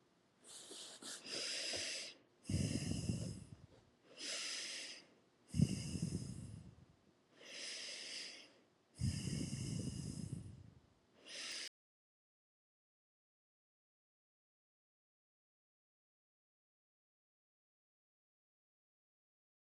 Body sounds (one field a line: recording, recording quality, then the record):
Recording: deep breathing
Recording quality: excellent, no background noise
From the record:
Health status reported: healthy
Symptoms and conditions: none ticked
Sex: female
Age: 28 years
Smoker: not ticked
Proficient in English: yes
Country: United States